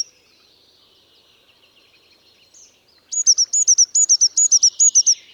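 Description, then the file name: Eurasian blue tit calling, a rapid series of high paired notes, each a sharp upward chip and a lower note, after thin faint whistles from other birds. "Cyanistes caeruleus"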